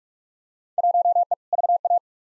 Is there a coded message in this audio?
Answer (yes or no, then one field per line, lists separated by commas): yes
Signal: Morse code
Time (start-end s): 0.8-2.0 s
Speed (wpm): 47 wpm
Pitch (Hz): 700 Hz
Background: none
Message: 1E VA